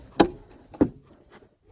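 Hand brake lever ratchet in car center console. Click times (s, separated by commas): 0.2 s, 0.8 s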